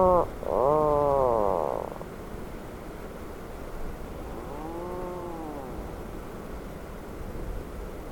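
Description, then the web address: Atlantic puffin giving a loud, low groaning call at the start, followed a few seconds later by a fainter arched moan over a rumbling background. "Atlantic puffin. صدای-پرنده-پافین-اطلس"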